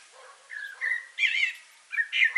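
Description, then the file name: Common blackbird song: short fluted whistles, then a burst of buzzy squeaky notes and a final squeaky phrase. "Turdus merula"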